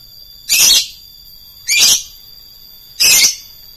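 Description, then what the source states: Lovebird producing three loud, rasping, high-pitched shrieks spaced just over a second apart. Song style called konslet.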